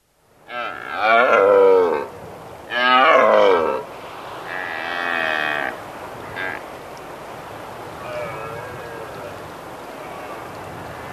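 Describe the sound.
Red deer calls: two strong harsh bellows in quick succession, then weaker, higher, drawn-out calls fading away over several seconds.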